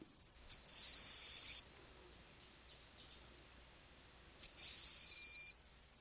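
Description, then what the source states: Broad-winged Hawk whistling call: two thin, high, plaintive whistles, each about a second long and opened by a brief sharp note, separated by roughly three seconds of silence. Small, crow-sized brown forest hawk that usually sits quietly under the canopy; demure bird with a plaintive, non-imposing, unhawk-like whistled call.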